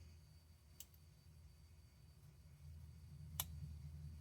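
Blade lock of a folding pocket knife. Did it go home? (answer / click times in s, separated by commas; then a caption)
released / 0.8 s. The blade lock of a mid-tech folding pocket knife is disengaged so the blade can drop shut under its own weight, giving a small click at 0.8 s. A louder, sharper clunk follows at about 3.4 s as the blade closes, over a low steady hum. The lock releases and the knife ends up closed.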